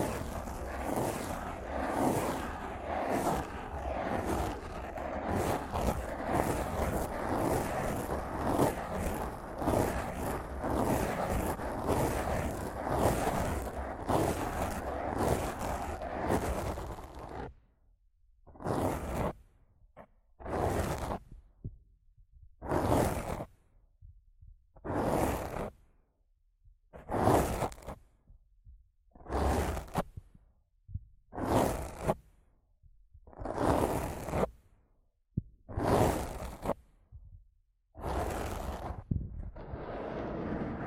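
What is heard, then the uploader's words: Rough mic scratching and brushing, dense and continuous for about seventeen seconds, then slower separate swishing strokes every couple of seconds with silence between. ASMR Rough Mic Scratching & Brushing (No Talking).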